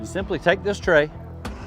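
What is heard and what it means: Someone talks while handling an accessory tray for the transom fillet table mount on a boat, with a brief sharp sound near 1.5 s. The tray is only being handled here and has not seated or clicked into the mount yet.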